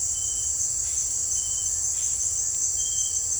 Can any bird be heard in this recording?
no